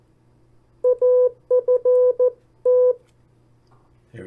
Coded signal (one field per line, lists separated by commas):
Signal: Morse code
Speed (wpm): 14 wpm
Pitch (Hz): 500 Hz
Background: speech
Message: AFT